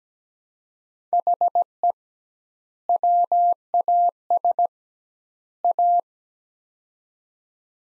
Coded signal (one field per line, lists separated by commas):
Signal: Morse code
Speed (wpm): 17 wpm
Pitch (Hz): 700 Hz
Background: none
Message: HE WAS A